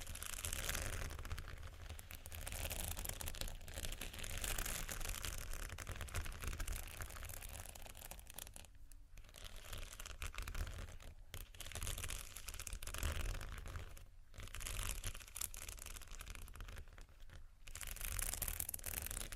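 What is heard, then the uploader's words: Slow, soft scratching runs almost without a break, a dense papery rasp with a steady low rumble beneath it. Brief pauses fall near nine, eleven, fourteen and seventeen seconds, each followed by renewed strokes that sound like crinkling or scraping. Slow, Deep & Soft Scratching (No Talking).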